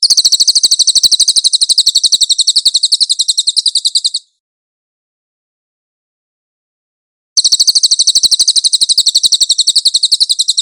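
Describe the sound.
Cililin song: a thin, high trill of quick, even chirps for about four seconds, a three-second pause, then the same rapid trill resuming.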